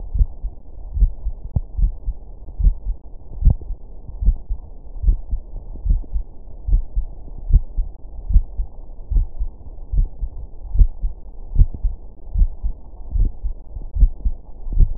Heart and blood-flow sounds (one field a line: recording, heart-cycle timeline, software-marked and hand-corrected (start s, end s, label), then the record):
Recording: heart sounds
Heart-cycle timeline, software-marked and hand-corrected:
0.00	0.16	diastole
0.16	0.28	S1
0.28	0.40	systole
0.40	0.50	S2
0.50	0.98	diastole
0.98	1.12	S1
1.12	1.24	systole
1.24	1.34	S2
1.34	1.78	diastole
1.78	1.92	S1
1.92	2.04	systole
2.04	2.14	S2
2.14	2.60	diastole
2.60	2.74	S1
2.74	2.86	systole
2.86	2.96	S2
2.96	3.42	diastole
3.42	3.56	S1
3.56	3.68	systole
3.68	3.76	S2
3.76	4.22	diastole
4.22	4.36	S1
4.36	4.48	systole
4.48	4.58	S2
4.58	5.04	diastole
5.04	5.18	S1
5.18	5.30	systole
5.30	5.40	S2
5.40	5.86	diastole
5.86	6.00	S1
6.00	6.14	systole
6.14	6.24	S2
6.24	6.68	diastole
6.68	6.82	S1
6.82	6.96	systole
6.96	7.06	S2
7.06	7.48	diastole
7.48	7.62	S1
7.62	7.76	systole
7.76	7.86	S2
7.86	8.30	diastole
8.30	8.44	S1
8.44	8.56	systole
8.56	8.66	S2
8.66	9.12	diastole
9.12	9.26	S1
9.26	9.38	systole
9.38	9.48	S2
9.48	9.94	diastole
9.94	10.08	S1
10.08	10.20	systole
10.20	10.30	S2
10.30	10.76	diastole
10.76	10.90	S1
10.90	11.02	systole
11.02	11.12	S2
11.12	11.56	diastole
11.56	11.68	S1
11.68	11.82	systole
11.82	11.92	S2
11.92	12.36	diastole
12.36	12.50	S1
12.50	12.62	systole
12.62	12.72	S2
12.72	13.14	diastole
13.14	13.30	S1
13.30	13.44	systole
13.44	13.54	S2
13.54	13.98	diastole
13.98	14.12	S1
14.12	14.24	systole
14.24	14.34	S2
14.34	14.74	diastole
14.74	14.90	S1
14.90	14.98	systole
From the record:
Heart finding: coronary artery disease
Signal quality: good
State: rest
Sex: male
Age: 65 years